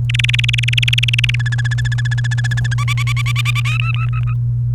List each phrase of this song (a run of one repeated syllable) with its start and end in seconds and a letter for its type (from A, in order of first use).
0.09-1.35 A, 1.39-2.74 B, 2.78-3.60 C, 3.65-4.33 D